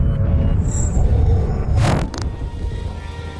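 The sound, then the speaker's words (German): After a long flash of lightning across the sky, a deep, steady rumble of thunder rolls throughout, with a sharper crackling burst near the middle before the low grumbling carries on, fairly loud and with no voices. “Ein langer Blitz durchteilt den Himmel.”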